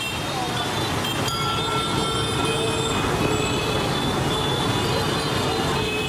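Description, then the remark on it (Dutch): Continuous city street traffic forms a dense, steady roar, with thin high-pitched whines and squeals running over the low rumble throughout, never dropping away. “Ik hoor verkeer,”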